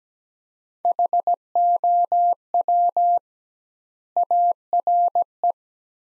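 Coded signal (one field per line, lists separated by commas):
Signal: Morse code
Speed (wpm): 17 wpm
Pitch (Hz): 700 Hz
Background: none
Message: HOW ARE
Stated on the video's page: Morse practice at 17 wpm of sentences from the top 100 words with twice standard word spacing, a Farnsworth-like method for head-copying.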